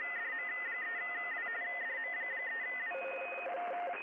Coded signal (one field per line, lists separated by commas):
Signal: RTTY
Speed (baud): 45.45 baud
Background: radio noise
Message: DM3W DM3W